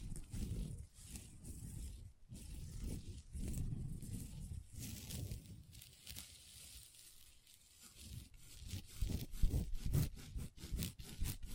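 Long nails tap and scratch across a tabletop, the scratching coming as rough, rustling strokes with a low rumble underneath. Sharp bright clicks from tapping punctuate it irregularly, growing quicker and denser in the last few seconds. No voice is heard.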